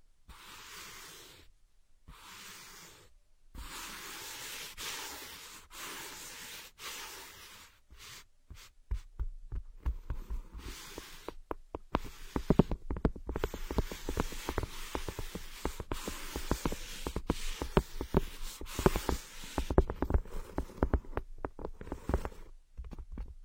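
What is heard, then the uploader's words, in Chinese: Ear scratching: soft rubbing and scraping sounds that start smooth and steady, broken by short silent gaps. After about eight seconds the scratching turns quicker and choppier, with dense bursts of crisp clicks and taps that continue to the end. 抠耳朵。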